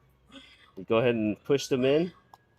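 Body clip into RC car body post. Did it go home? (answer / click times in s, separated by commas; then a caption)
yes / 2.3 s. Someone talks while metal body clips are pushed back into the body posts to hold the cover on an RC car. A single sharp click comes at 2.3 s as a clip seats in its post.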